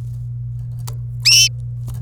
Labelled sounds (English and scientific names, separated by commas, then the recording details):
Domestic Canary (Serinus canaria) song
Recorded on 26 April 2018 at 17:03
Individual llb3